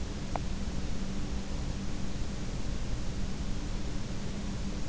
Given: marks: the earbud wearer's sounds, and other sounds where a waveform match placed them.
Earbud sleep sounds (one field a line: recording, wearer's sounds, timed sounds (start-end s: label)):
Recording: sounds in sleep by an in-ear microphone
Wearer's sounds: teeth grinding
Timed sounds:
0.20-0.62 s: teeth grinding